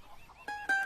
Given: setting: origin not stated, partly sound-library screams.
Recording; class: one-second piece from a danger detection set; normal situation